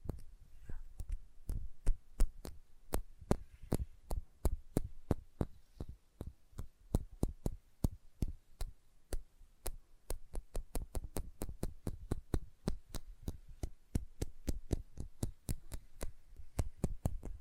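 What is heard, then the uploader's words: Sensitive tapping in a steady series of sharp, crisp taps, each with a soft, deep thud under it, coming about three times per second for the whole stretch. The pace stays even, the taps vary slightly in force, and a faint low hum sits underneath. Sensitive Tapping.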